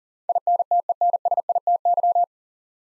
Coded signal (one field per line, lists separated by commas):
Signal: Morse code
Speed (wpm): 40 wpm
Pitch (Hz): 700 Hz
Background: none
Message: INTENSITY